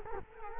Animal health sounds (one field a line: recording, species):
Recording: mosquito wingbeat signal from an infrared sensor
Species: Culex quinquefasciatus